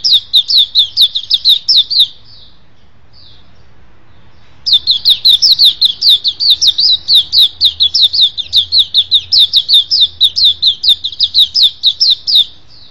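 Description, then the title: Oriental magpie-robin song in rapid bursts of sharp, high descending whistles: a brief phrase, a pause with a few faint notes, then a long unbroken run. "Kicau Kacer Durasi Panjang 1jam Lebih"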